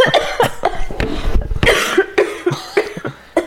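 A run of about a dozen short, dry coughs mixed with laughter from an adult man, each burst sharp and closely spaced; laughing sets off his coughing.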